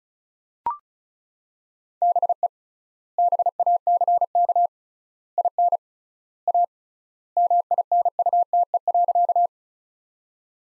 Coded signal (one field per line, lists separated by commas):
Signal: Morse code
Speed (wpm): 36 wpm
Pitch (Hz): 700 Hz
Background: none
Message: BE BACK IN A MINUTE.